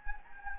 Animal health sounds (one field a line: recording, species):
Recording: mosquito wingbeat signal from an infrared sensor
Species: Anopheles gambiae